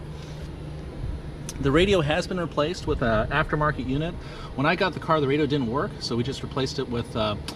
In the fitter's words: and just snaps in place